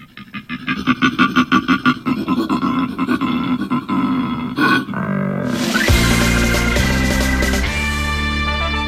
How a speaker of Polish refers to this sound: Ja myślę, że ta znajoma po powrocie z Australii była ciutkę nieprecyzyjna, bo koala brzmi mniej więcej tak.